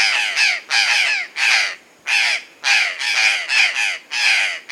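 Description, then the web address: Purplish jay calls: loud, harsh, rasping caws repeated in quick succession, several over nearly five seconds, some given in close pairs. South America. "Natures Songs S America Purplish Jay"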